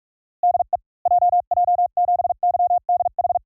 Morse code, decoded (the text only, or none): DE JJ7YDH